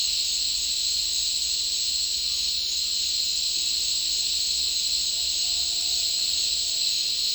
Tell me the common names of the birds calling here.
none